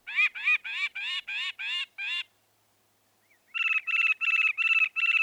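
Northern mockingbird repeating a rising, chattering phrase seven times, then after a brief pause switching to a sharper, metallic phrase repeated six times.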